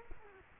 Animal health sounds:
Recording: mosquito wingbeat signal from an infrared sensor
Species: Culex quinquefasciatus

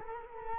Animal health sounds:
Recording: mosquito wingbeat signal from an infrared sensor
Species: Culex quinquefasciatus

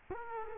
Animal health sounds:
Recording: mosquito wingbeat signal from an infrared sensor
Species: Culex quinquefasciatus

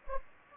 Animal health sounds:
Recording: mosquito wingbeat signal from an infrared sensor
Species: Anopheles gambiae

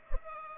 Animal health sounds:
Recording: mosquito wingbeat signal from an infrared sensor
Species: Culex pipiens

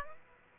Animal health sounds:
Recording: mosquito wingbeat signal from an infrared sensor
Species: Aedes aegypti

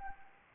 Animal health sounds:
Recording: mosquito wingbeat signal from an infrared sensor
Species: Anopheles arabiensis

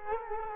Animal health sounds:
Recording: mosquito wingbeat signal from an infrared sensor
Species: Culex quinquefasciatus

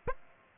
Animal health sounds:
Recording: mosquito wingbeat signal from an infrared sensor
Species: Aedes aegypti

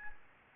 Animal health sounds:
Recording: mosquito wingbeat signal from an infrared sensor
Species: Anopheles gambiae

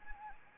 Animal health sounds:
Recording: mosquito wingbeat signal from an infrared sensor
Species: Anopheles arabiensis

